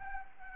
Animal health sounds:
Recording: mosquito wingbeat signal from an infrared sensor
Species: Anopheles arabiensis

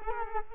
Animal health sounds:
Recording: mosquito wingbeat signal from an infrared sensor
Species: Culex quinquefasciatus

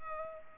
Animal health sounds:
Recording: mosquito wingbeat signal from an infrared sensor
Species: Culex pipiens

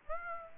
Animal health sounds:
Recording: mosquito wingbeat signal from an infrared sensor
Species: Aedes aegypti

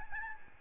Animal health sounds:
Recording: mosquito wingbeat signal from an infrared sensor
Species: Aedes albopictus

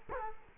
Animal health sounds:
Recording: mosquito wingbeat signal from an infrared sensor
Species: Culex quinquefasciatus

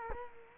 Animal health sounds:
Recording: mosquito wingbeat signal from an infrared sensor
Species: Culex quinquefasciatus

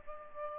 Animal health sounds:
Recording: mosquito wingbeat signal from an infrared sensor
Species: Aedes albopictus

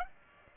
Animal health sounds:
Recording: mosquito wingbeat signal from an infrared sensor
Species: Aedes aegypti

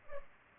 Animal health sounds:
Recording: mosquito wingbeat signal from an infrared sensor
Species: Culex pipiens

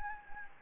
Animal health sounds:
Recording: mosquito wingbeat signal from an infrared sensor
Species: Anopheles gambiae

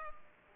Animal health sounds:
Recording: mosquito wingbeat signal from an infrared sensor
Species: Culex pipiens

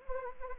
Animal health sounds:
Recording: mosquito wingbeat signal from an infrared sensor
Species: Anopheles arabiensis

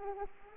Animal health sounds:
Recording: mosquito wingbeat signal from an infrared sensor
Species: Anopheles arabiensis

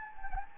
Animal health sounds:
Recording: mosquito wingbeat signal from an infrared sensor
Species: Anopheles gambiae

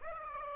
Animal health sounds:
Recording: mosquito wingbeat signal from an infrared sensor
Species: Aedes aegypti

